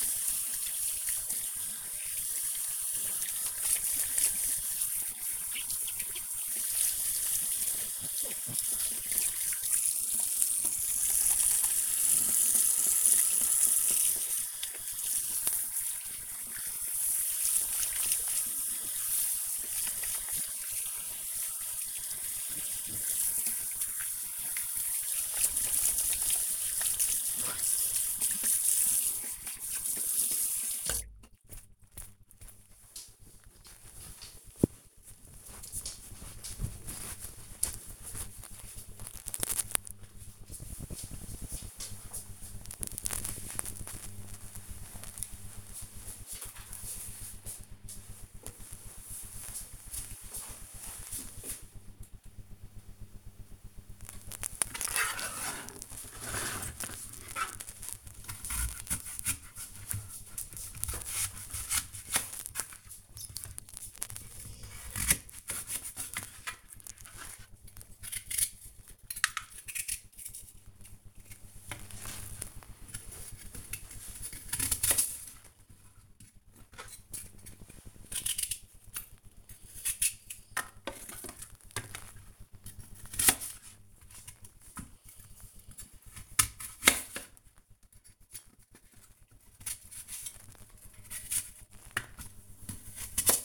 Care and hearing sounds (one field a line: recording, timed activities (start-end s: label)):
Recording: household activities, microphone on the right wrist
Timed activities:
0.00-30.73 s: washing hands
52.89-93.45 s: cutting vegetables
89.13 s: note: in hand 50%